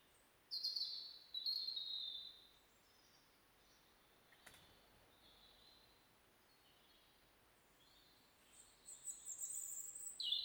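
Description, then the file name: European robin song: short high, thin wavering phrases near the start and again at the end, separated by several seconds of quiet background hiss. "Erithacus rubecula"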